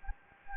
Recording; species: mosquito wingbeat signal from an infrared sensor; Anopheles gambiae